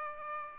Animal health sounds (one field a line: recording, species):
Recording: mosquito wingbeat signal from an infrared sensor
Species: Aedes aegypti